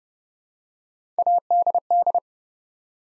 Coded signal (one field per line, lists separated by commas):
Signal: Morse code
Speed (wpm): 30 wpm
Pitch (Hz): 700 Hz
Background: none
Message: ADD